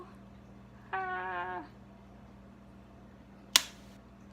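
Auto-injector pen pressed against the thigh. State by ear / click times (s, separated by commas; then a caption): seated / 3.6 s. An Emgality migraine-medication auto-injector pen is held pressed against the thigh after its button is pushed, with a steady low hum and a brief harmonic tone from about 0.9 to 1.6 s. A sharp completion click at 3.6 s shows the dose has finished, sooner than the expected 10-second hold.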